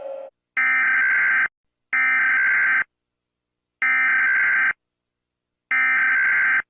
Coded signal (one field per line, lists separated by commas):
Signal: Emergency Alert System (SAME) tones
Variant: header bursts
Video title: Rating EAS (A-Z) #16